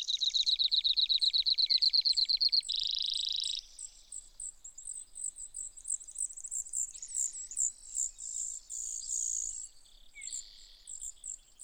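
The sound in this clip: Brewer's sparrow opens with a strong pulsed trill and a buzzy trill, then continues with softer, higher chatter and trills.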